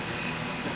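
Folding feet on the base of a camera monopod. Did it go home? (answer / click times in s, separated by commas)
no / none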